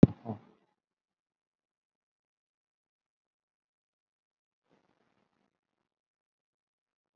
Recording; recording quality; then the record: shallow breathing; poor, much background noise or distortion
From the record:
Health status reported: COVID-19 positive, moderate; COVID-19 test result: positive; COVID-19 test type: RT-PCR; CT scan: not taken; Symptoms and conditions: cough, breathing difficulty, fever, fatigue, muscle pain, loss of smell and taste, hypertension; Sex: male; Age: 50 years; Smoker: no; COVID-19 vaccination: both doses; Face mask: worn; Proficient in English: no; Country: India